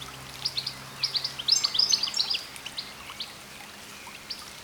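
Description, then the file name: European goldfinch calls: a short run of bright, high twittering notes clustered midway, with scattered single chirps before and after, against constant soft hiss. "Carduelis carduelis"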